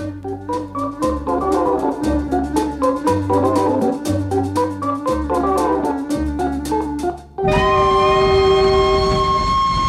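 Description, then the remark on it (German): A steam locomotive chugs along in a steady, rhythmic beat, then a loud, sustained whistle cuts in and holds a bright, harmonic-rich pitch through the final couple of seconds. “Hören Sie, meine Herren, hören Sie den Pfiff der Lokomotive.”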